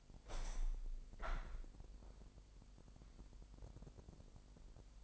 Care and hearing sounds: daily activity, microphone in the room; open window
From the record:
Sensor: 5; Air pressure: 1000.3 hPa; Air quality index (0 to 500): 249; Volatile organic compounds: 35 ppm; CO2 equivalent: 3064 ppm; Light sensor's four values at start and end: 34/79/31/30 and 34/79/31/30

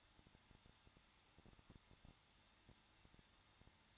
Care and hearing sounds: daily activity, microphone in the room; no activity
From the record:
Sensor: 3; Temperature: 21.2 degrees Celsius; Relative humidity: 36.5%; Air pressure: 1006.4 hPa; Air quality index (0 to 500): 224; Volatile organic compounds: 44 ppm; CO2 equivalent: 3216 ppm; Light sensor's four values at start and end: 2/3/2/2 and 2/3/2/2

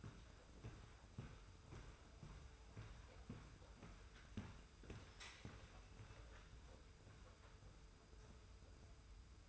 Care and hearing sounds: daily activity, microphone in the room; walk to room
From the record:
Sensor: 2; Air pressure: 991.0 hPa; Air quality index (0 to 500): 111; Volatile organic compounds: 53 ppm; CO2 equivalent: 3335 ppm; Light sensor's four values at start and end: 33/98/39/37 and 34/101/40/38

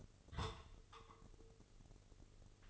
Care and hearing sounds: daily activity, microphone in the room; take from stove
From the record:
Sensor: 4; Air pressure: 996.2 hPa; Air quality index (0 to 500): 75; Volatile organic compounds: 3 ppm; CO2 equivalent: 1395 ppm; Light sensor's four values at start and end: 17/48/18/19 and 17/48/18/19

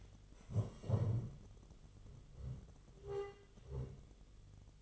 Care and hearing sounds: daily activity, microphone in the room; stand up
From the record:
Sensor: 4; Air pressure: 1005.9 hPa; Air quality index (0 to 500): 109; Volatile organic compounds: 3 ppm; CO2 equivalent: 1366 ppm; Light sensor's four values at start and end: 13/29/11/10 and 13/29/11/10

